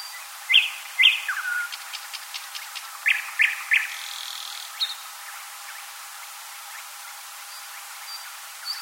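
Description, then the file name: Thrush nightingale singing short phrases of sharp clicks and chirps, a few brief whistled notes, then quieter scattered notes as the song pauses. "solovejj vostochnyjj"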